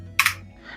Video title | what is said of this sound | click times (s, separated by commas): UNBOXING MANETTE PDP VICTRIX PRO BFG / FR | Écoutez le clic. | 0.2 s